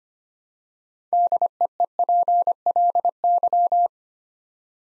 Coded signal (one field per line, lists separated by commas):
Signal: Morse code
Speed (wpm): 25 wpm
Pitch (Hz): 700 Hz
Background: none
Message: DEEPLY